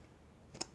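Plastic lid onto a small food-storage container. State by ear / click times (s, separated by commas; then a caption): not seated / none. A plastic lid is pressed onto a small, cheap food-storage container used as a stamp pad holder, in another attempt to snap it shut. There is a faint scrape around 0.55 s and a brief, sharp tap at 0.6 s against a quiet background. The lid sits on the container but has not clicked or latched shut.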